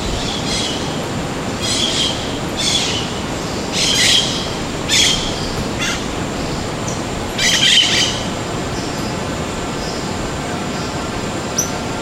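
Bird calls: short, sharp chirps in brief clusters, repeated irregularly over about eight seconds, against a steady background hiss and low rumble.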